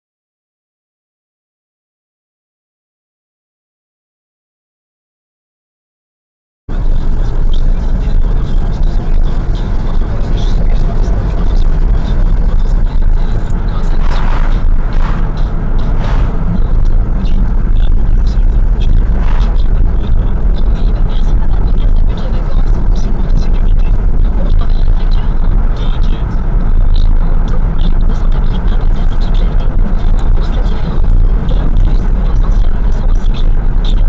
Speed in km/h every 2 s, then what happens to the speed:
67, 50, 44, 55, 60, 65, 63, 58, 59, 62, 66, 68, 65, 62, 67, 70, 67.
0-3 brakes to 44. 3-10 speeds up to 65. 10-14 slows to 58. 14-21 speeds up to 68. 21-26 steady at about 65. 26-30 speeds up to 70.